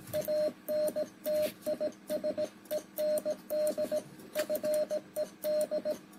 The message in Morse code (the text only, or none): ANT IS END FED